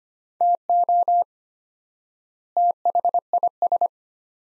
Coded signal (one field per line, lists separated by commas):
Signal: Morse code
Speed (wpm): 25 wpm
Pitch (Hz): 700 Hz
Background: none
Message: TO THIS